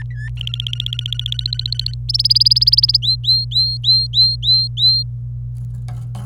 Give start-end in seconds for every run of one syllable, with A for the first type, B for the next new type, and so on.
0.00-0.29 A, 0.37-1.95 B, 2.09-2.97 C, 3.02-5.03 D